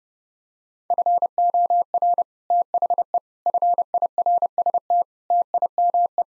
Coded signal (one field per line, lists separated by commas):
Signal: Morse code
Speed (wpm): 30 wpm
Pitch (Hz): 700 Hz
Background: none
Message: FOR THE FIRST TIME